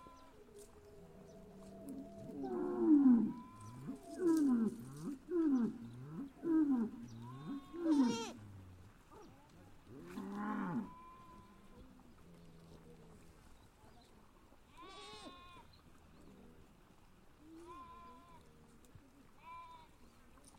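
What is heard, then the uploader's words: Cows moo in a run of low, drawn-out calls from about 2.5 to 8 seconds, each rising and falling, followed by a louder bellow near 10.5 seconds. Afterward, fainter, higher calls from other animals sound around 15 and 18 seconds over a quiet pasture background. From solo performances that resonate with tranquility to the group harmonies that echo through the fields, witness the expressive range of cow mooing.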